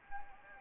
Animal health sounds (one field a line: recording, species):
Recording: mosquito wingbeat signal from an infrared sensor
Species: Anopheles gambiae